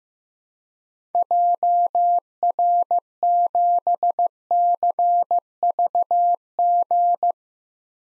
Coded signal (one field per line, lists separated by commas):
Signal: Morse code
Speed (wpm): 15 wpm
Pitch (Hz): 700 Hz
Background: none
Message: JR7CVG